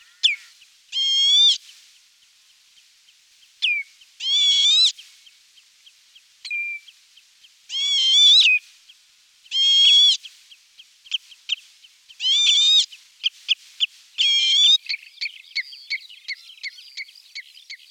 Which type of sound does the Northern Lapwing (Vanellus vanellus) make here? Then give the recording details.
song. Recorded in the wild. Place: Cuxhaven, Schleswig-Holstein, DE. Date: 1978-07-19. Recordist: Schwarz, Dieter. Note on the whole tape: Song